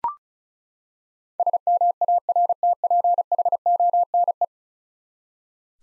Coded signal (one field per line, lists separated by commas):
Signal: Morse code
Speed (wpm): 36 wpm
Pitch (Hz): 700 Hz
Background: none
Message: SMARTPHONE